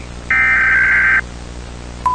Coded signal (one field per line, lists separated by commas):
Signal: Emergency Alert System (SAME) tones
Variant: header bursts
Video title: World War 3 - USA | EAS Scenario | Emergency Alert System